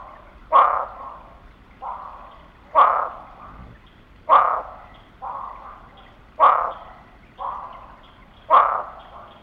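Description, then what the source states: Barking frog giving abrupt barking notes roughly every two seconds, with fainter notes in the pauses. Call, recorded in Texas.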